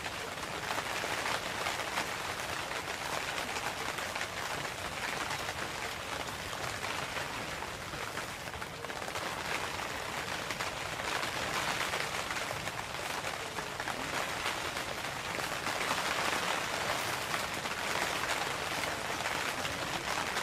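Rain falls on a tent in a steady, dense patter with no breaks across the whole stretch. The sound is mostly a bright hiss of countless fine drops, with a soft low rumble underneath and slight swells in intensity around the middle and near the end.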